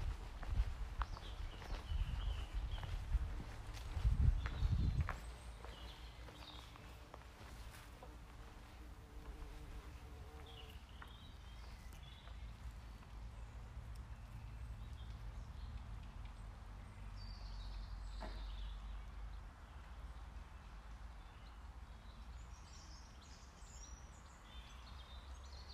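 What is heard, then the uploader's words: Birdsong along the woods: scattered chirps and short whistled phrases come and go at the high end through the whole stretch. A steady low rumble sits underneath, and the first five seconds bring louder knocking and rustling thumps before things settle. Birdsong along the woods by Gem River.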